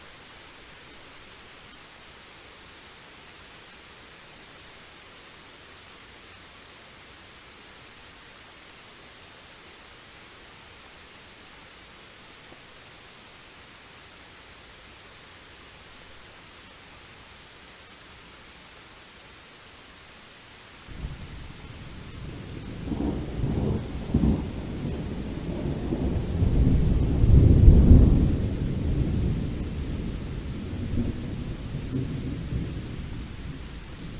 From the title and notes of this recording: Thunderstorm Time Lapse: Capturing the Dynamic Nature of a Storm.